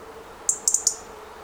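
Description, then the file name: European robin giving four quick, very high tick notes in a short burst. "Erithacus rubecula"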